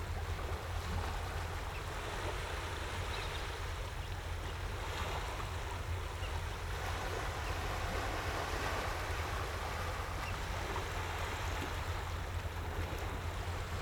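A calm seashore with a steady, unbroken wash of water filling the whole clip at an even level. Beneath it a low, constant engine drone from a boat out in the distance holds throughout, with gentle swells rising and falling in the surf.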